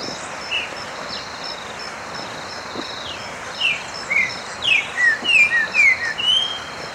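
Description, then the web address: Streaked saltator giving a fast sequence of sharp whistled notes in its second half, over a constant high insect drone. Ecuador. "S America Birds of Ecuador. Streaked Saltator"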